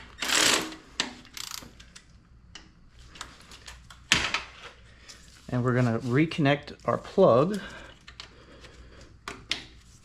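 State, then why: Seated. Someone talks while the wiring harness plug is pushed back onto the alternator of a 2011 Toyota Camry 2.5L after the alternator is replaced. Several short clicks and clatters are heard, and the connector latches with a sharp click at 9.5 seconds, so the plug is seated.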